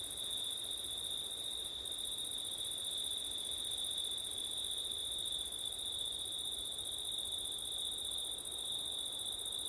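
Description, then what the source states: Crickets droning in a continuous shrill trill with a very high sizzling layer that breaks briefly once, soft hiss behind. Crickets on a September night, with wind; ortif (ORTF) microphone setup.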